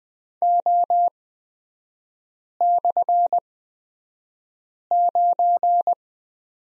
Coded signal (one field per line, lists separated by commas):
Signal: Morse code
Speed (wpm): 20 wpm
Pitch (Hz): 700 Hz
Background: none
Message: O/9